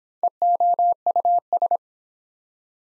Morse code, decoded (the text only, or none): EOUS